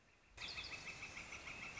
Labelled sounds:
Northern Flicker

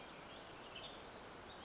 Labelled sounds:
Western Tanager

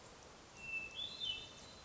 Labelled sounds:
Hermit Thrush

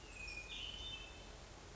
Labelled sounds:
Hermit Thrush

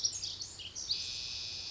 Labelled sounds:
Pacific Wren

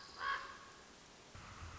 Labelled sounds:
Common Raven

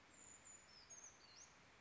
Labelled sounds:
Brown Creeper

